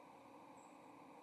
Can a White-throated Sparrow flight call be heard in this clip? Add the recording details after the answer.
no. No flight call is heard. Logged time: 11:04 on 30 October 2014